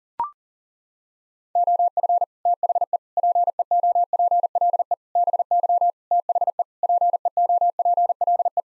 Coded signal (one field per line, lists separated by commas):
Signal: Morse code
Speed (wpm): 40 wpm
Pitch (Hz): 700 Hz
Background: none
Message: OF THE PEOPLE BY THE PEOPLE